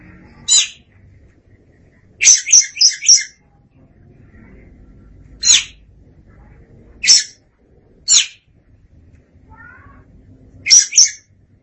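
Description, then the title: Oriental magpie-robin song, sharp high chirps and quick clusters of notes given irregularly, with faint low rumble behind. "Suara Kicauan Burung Kacer Durasi Panjang"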